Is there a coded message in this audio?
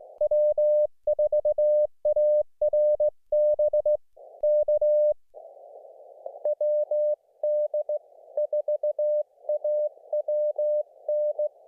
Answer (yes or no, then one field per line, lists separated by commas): yes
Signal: Morse code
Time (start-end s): 0.2-11.5 s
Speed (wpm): 19 wpm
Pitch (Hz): 590 Hz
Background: none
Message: W4ARB K WD 4AWN